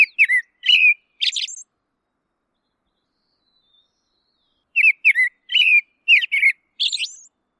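Bird song: two bursts of sharp, downslurred whistled notes, several per burst, separated by about three seconds of silence.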